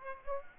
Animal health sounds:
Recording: mosquito wingbeat signal from an infrared sensor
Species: Aedes aegypti

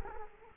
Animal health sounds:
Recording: mosquito wingbeat signal from an infrared sensor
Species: Culex quinquefasciatus

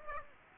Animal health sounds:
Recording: mosquito wingbeat signal from an infrared sensor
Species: Aedes aegypti

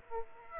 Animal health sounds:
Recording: mosquito wingbeat signal from an infrared sensor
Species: Aedes aegypti

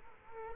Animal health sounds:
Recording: mosquito wingbeat signal from an infrared sensor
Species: Culex quinquefasciatus

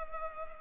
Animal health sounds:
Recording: mosquito wingbeat signal from an infrared sensor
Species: Culex pipiens

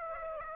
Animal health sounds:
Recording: mosquito wingbeat signal from an infrared sensor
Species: Aedes aegypti

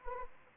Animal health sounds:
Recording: mosquito wingbeat signal from an infrared sensor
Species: Anopheles arabiensis

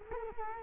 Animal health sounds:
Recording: mosquito wingbeat signal from an infrared sensor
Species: Culex quinquefasciatus

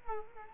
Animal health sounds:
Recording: mosquito wingbeat signal from an infrared sensor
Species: Culex quinquefasciatus

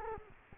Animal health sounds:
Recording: mosquito wingbeat signal from an infrared sensor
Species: Culex quinquefasciatus

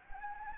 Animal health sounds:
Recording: mosquito wingbeat signal from an infrared sensor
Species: Anopheles gambiae

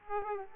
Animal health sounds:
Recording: mosquito wingbeat signal from an infrared sensor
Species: Aedes aegypti

